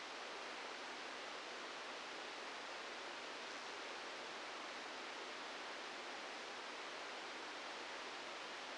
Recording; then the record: brain microelectrode recording played as sound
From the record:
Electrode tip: outside the subthalamic nucleus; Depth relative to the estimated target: 4 mm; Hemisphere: left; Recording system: NeuroSet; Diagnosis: Parkinson's disease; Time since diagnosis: 15 years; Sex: female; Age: 59 years